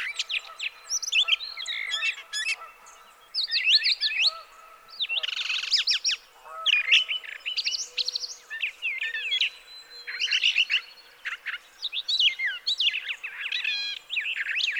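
Brown thrasher pouring out varied, rapid song phrases of chirps and slurs, with only brief gaps.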